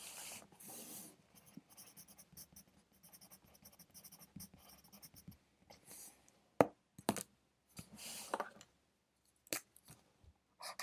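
Someone studies with a pencil: short scratchy writing strokes come in bursts, with brighter hissing sweeps near the start, around six seconds and again past eight. Sharp taps and clicks land near seven seconds over a low, steady background murmur.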